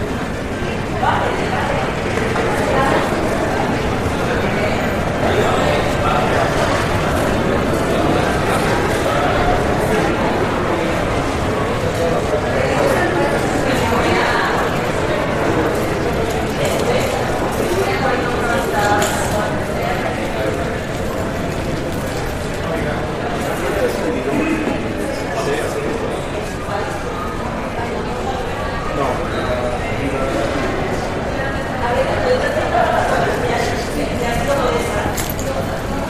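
Murmur of passengers fills an airport check-in hall, a steady, dense blend of many overlapping voices with no single speaker standing out. The level stays even throughout, with occasional brief clicks and footsteps surfacing from the soft, echoing background bustle.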